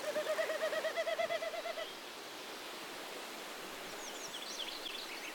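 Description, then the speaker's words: Wilson's snipe winnowing: a quick run of hollow, pulsing hoo-hoo notes that fades over about two seconds, with faint high chirps afterward. Sound produced by specialized feathers vibrating at a certain speed and angle; called winnowing; part of the courtship display. "It is a Wilson snipe, so that is the sound. They have specialized feathers that, when they hit a certain velocity and the correct angle, will vibrate the feathers to make that sound."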